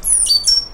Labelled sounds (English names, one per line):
Stitchbird song